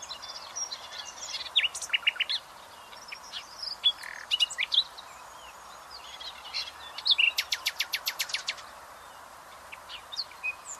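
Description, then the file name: Common nightingale song with varied sharp notes and a fast series of loud repeated strokes, paused between phrases, over a constant low hum. "Luscinia megarhynchos"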